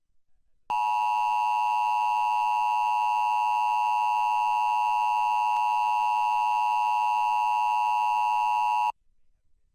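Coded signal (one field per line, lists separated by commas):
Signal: Emergency Alert System (SAME) tones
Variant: 853 and 960 Hz attention tone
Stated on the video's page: Required monthly tests recorded from broadcast TV stations in Michigan, kept close to the original broadcast with uneven audio levels.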